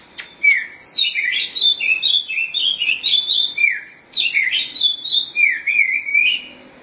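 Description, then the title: Oriental magpie-robin singing a steady stream of sweet, slurred whistles and warbles, notes rising and dipping in rapid succession. "Suara Kicauan Burung Kacer"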